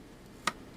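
A self-tapping screw is turned backwards in a plastic boss of a Yaesu FT-897 radio case during a rotary encoder replacement. A single small, sharp click is heard at 0.5 s against quiet background. The screw drops into its original thread and is seated.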